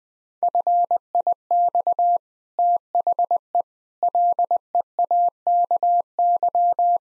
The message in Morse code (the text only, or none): FIX THE LEAKY